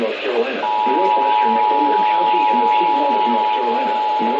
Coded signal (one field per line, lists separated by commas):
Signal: Emergency Alert System (SAME) tones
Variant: 853 and 960 Hz attention tone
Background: speech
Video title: ONE NIGHT...THREE DAVIDSONS... EAS Alerts from 7/5/20 (EAS #4,614 - 4,636)